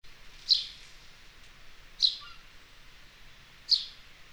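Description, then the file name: House sparrow giving three loud, separate chirps spaced about one and a half seconds apart, with faint background hiss between them. "Passer domesticus"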